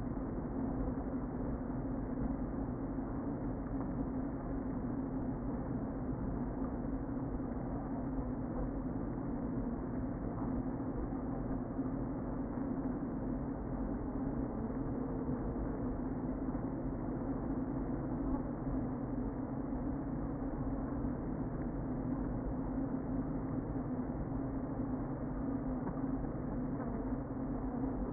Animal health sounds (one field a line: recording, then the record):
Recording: honeybee colony, microphone inside the hive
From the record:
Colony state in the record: queen present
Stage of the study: before two queens were removed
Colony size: about 60,000 bees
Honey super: yes